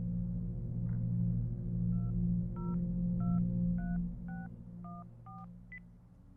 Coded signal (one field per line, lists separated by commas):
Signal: DTMF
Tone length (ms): 190 ms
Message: 2023614